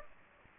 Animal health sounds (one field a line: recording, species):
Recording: mosquito wingbeat signal from an infrared sensor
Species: Aedes aegypti